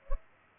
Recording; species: mosquito wingbeat signal from an infrared sensor; Culex pipiens